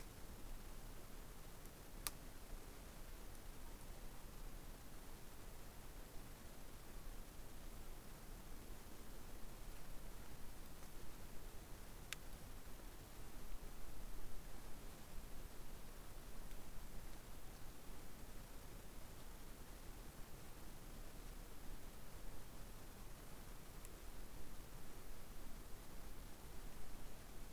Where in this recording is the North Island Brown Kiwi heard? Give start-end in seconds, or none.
none